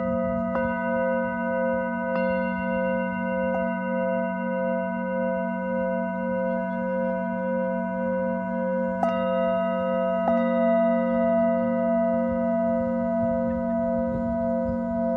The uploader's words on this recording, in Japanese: メキシコから シンギングボウルのサウンドヒーリング ライブ。